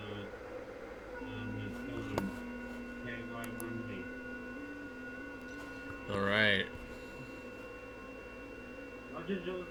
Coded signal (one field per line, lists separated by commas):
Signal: FT8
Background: speech